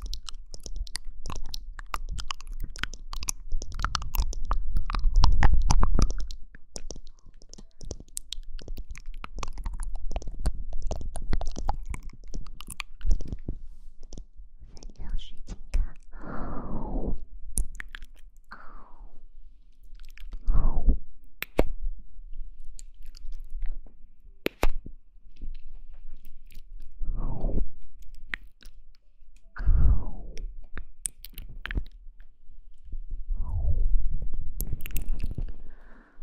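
Mouth sounds: a steady patter of small wet clicks and smacks runs throughout, like chewing. Every few seconds a deeper swelling gulp or slurp rises and falls, around 5, 17, 21, 27, 30 and 34 seconds, some sliding downward in pitch.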